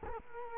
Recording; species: mosquito wingbeat signal from an infrared sensor; Culex quinquefasciatus